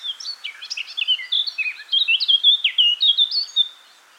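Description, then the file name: Eurasian blackcap delivering a continuous warble of mixed chirps and fluty slurred whistles, growing louder midway, then stopping. "Sylvia atricapilla"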